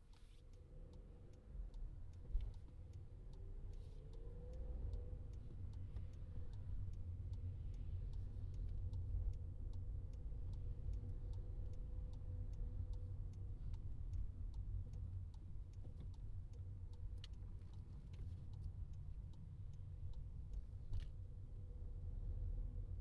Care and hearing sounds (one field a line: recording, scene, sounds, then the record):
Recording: everyday scene through a hearing-aid microphone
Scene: in a vehicle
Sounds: engine, highway traffic jam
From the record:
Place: Skoda Fabia, gasoline engine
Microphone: in the ear canal, left